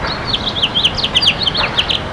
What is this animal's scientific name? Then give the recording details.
Haemorhous mexicanus. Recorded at Bay Shore on Long Island, New York, on 29 May 2013. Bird E